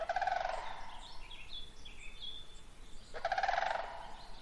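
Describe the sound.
Sandhill crane rattling, trumpeting call heard twice, about three seconds apart.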